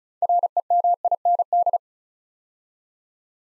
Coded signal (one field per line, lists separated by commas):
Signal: Morse code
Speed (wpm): 36 wpm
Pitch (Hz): 700 Hz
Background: none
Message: REMIND